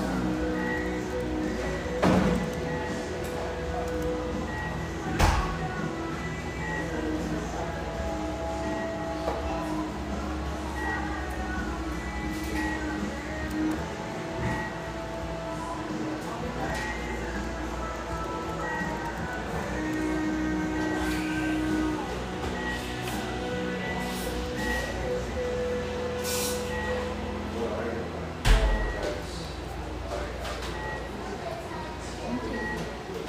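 Cafe chatter blends with a steady low rumble, clinking dishes, and sharp knocks near five and twenty-eight seconds.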